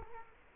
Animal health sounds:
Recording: mosquito wingbeat signal from an infrared sensor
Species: Culex quinquefasciatus

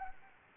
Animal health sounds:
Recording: mosquito wingbeat signal from an infrared sensor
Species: Anopheles arabiensis

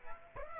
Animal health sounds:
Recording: mosquito wingbeat signal from an infrared sensor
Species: Aedes aegypti

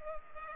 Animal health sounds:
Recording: mosquito wingbeat signal from an infrared sensor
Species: Culex pipiens

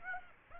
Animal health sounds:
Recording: mosquito wingbeat signal from an infrared sensor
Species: Aedes aegypti

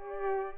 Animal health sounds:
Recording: mosquito wingbeat signal from an infrared sensor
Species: Culex pipiens

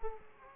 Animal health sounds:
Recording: mosquito wingbeat signal from an infrared sensor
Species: Aedes aegypti

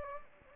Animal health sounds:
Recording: mosquito wingbeat signal from an infrared sensor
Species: Anopheles gambiae

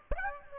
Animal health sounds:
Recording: mosquito wingbeat signal from an infrared sensor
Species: Aedes aegypti

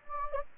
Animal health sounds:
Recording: mosquito wingbeat signal from an infrared sensor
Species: Anopheles gambiae

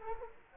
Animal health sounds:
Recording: mosquito wingbeat signal from an infrared sensor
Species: Culex quinquefasciatus

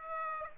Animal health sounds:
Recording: mosquito wingbeat signal from an infrared sensor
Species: Aedes aegypti

